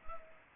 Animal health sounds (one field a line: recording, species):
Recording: mosquito wingbeat signal from an infrared sensor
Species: Culex pipiens